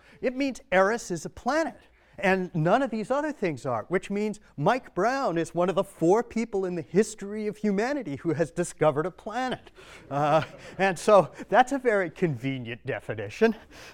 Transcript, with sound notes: It means Eris is a planet and none of these other things are, which means Mike Brown is one of the four people in the history of humanity who has discovered a planet. [Laughter.] And so that's a very convenient definition.